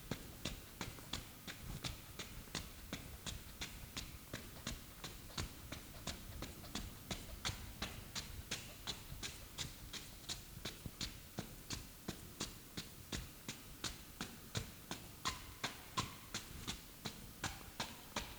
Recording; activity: daily activity, guitar pickup as the sensor; run